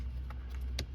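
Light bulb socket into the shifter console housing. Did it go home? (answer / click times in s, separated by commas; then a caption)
yes / 0.8 s. A light bulb socket is seated into the shifter console housing of a 1996–2002 third-generation Toyota 4Runner during a shifter bushing replacement, then twisted about a quarter turn until it locks. Two faint ticks at 0.3 and 0.55 seconds lead up to a sharp, bright click at 0.8 seconds, all over a steady low hum. The socket is locked in place.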